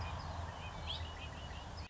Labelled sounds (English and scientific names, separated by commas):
Red-winged Blackbird (Agelaius phoeniceus)